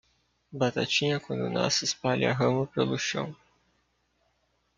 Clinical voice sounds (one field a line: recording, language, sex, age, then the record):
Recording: short text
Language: Brazilian Portuguese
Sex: male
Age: 20 to 29 years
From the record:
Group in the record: control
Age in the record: 24 years